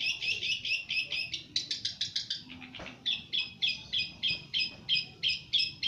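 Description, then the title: Long-tailed shrike song: a fast series of scratchy notes, several a second, with a short run of higher notes in the middle. Champion bird. "Kicau Burung Cendet Juara"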